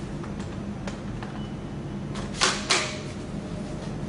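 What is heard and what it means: A battery pack is slid back into the base of a cordless drill until it latches, over a steady low hum with a few faint taps near 0.9 and 1.2 s. Two sharp, bright clicks land at 2.4 s and 2.7 s as the pack snaps home. The battery is seated and the drill is ready to use.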